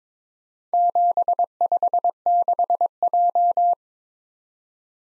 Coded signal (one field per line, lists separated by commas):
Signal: Morse code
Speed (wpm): 22 wpm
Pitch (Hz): 700 Hz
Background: none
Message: 756J